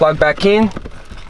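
Someone talks while the door wiring harness plug is handled at the window switch unit of a 2001–2007 Nissan X-Trail T30, ready to go back in. Only speech is heard, with faint low knocks under it. Nothing has seated or clicked yet.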